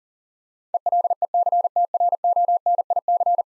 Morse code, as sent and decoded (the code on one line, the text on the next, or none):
. .-.. . -.-. - .-. --- -. .. -.-.
ELECTRONIC